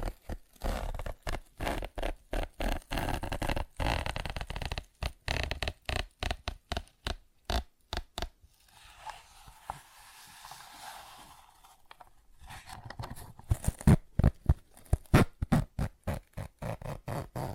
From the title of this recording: ASMR Tapping, Scratching & Zipper Sounds